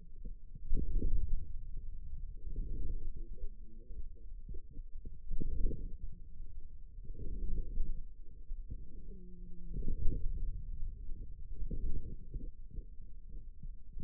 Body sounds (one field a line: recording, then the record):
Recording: forearm muscle sounds (acoustic myography)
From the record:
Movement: inward rotation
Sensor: system 2, bracelet of six BSWA MPA416 microphones around the upper forearm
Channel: 4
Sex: female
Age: 21 years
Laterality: right